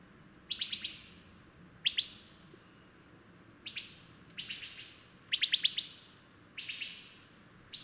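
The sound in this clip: Bird song: soft, repeated bursts of quick high chirps, several short phrases over a quiet low background.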